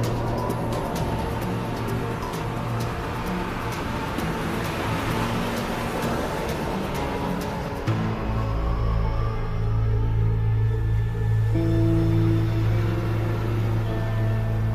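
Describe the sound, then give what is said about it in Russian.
A yellow bus's engine drones steadily as it climbs a mountain road, turning repeatedly, the low, loud rumble shifting in pitch partway through as it changes gear, with no voices. “По дороге в гору едет желтый автобус.”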